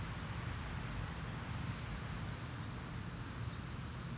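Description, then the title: Grasshoppers giving high, rapidly pulsed buzzing trills broken by brief pauses, over a constant low hum. Sunny day at Pins Noirs, Chaussée de Tervueren, Auderghem, Brussels, Belgium; recorded with DPA 4060 microphones in AB position into a Zoom F3. "Chaussée de Tervueren, Pins Noirs, Auderghem, Bruxelles-Capitale, 1160, Belgique - Sauterelles - Grasshoppers"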